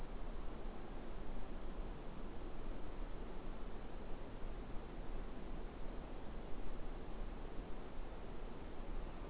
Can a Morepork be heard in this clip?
no